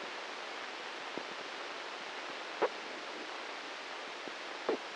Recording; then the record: brain microelectrode recording played as sound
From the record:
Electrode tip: inside the subthalamic nucleus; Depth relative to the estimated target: 3 mm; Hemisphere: left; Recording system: NeuroSet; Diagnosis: Parkinson's disease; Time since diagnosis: 15 years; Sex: male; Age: 65 years